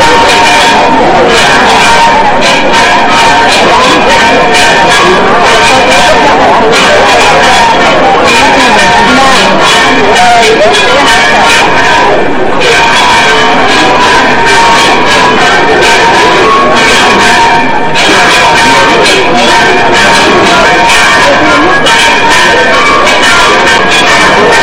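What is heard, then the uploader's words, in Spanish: The bells of Santa María peal in a dense, unbroken clangor, with crowd voices mixed beneath and brief lulls near twelve and eighteen seconds. Redoble de las campanas de Santa María durante la procesión de la Virgen del Collado en Santisteban del Puerto (JAÉN).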